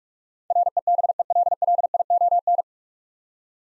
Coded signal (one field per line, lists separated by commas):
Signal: Morse code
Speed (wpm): 44 wpm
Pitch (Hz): 700 Hz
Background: none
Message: REBELLION